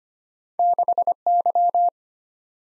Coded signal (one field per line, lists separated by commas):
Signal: Morse code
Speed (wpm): 34 wpm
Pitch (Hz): 700 Hz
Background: none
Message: 6Y